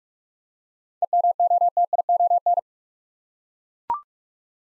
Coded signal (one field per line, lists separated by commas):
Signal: Morse code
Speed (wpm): 41 wpm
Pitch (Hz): 700 Hz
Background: none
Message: EMOTION